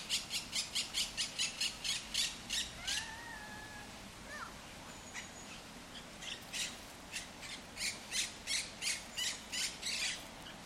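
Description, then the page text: Monk parakeets give rapid harsh chattering squawks, then a pause with a few thin sliding whistles, before the fast grating squawks resume. El Retiro park, Madrid, Spain, which holds Europe's largest monk parakeet population. "Cities and Memory - remixing the world. Monk parakeets in Madrid. Madrid has the greatest population of Monk Parakeets in Europe, many of whom can be seen and heard in the El Retiro park"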